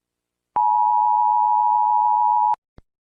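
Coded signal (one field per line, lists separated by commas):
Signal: Emergency Alert System (SAME) tones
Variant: 853 and 960 Hz attention tone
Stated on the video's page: Self-made simulated alarm.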